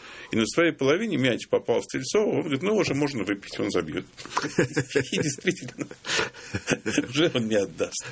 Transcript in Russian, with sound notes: И на своей половине мяч попал Стрельцову, он говорит: «Ну, уже можно выпить, он забьет». (смеются) И действительно, уже он не отдаст.